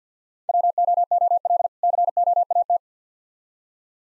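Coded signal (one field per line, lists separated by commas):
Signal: Morse code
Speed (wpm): 50 wpm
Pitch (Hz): 700 Hz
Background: none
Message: WOOL COAT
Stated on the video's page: Practice set of difficult words with contextual hints, sent at 50 wpm for copying practice.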